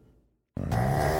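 After a brief silence, a single low, rough, grunting snore from a sleeping pug named Beluga, typical of flat-faced breeds.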